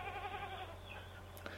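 Goat bleat, a quavering cry fading after about a second, over a constant low electrical hum with a faint click near the end.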